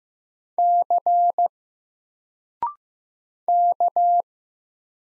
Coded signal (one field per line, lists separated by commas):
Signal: Morse code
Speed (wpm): 15 wpm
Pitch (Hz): 700 Hz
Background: none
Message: C K